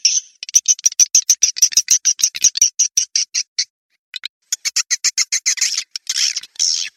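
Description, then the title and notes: Swiftlet chirps: short, sharp high notes repeated quickly in a steady run, a brief pause, then buzzy twittering. Asia; sound used in swiftlet farming to attract the birds. "Swiflet Bird Sound. Farming Swiflet Bird asia sound"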